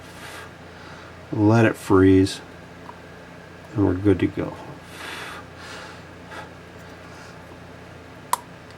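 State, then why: Seated. An electronic component is pressed into position on a circuit board while someone talks, then snaps home with a sharp click at 8.3 s. The component is seated.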